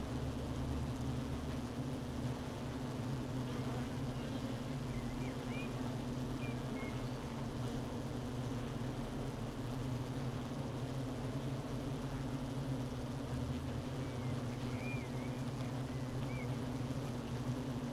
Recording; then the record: honeybee colony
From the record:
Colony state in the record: missing queen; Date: 31 May 2018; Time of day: 12:43